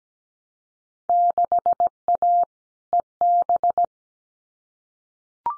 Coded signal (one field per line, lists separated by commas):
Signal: Morse code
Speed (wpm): 17 wpm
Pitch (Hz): 700 Hz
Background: none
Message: 6A EB